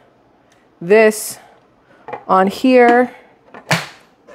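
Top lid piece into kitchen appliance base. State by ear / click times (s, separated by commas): seated / 3.7 s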